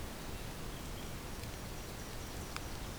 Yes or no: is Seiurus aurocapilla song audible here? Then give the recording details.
no. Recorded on 2 June 2016 at 08:17. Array SBT-3-7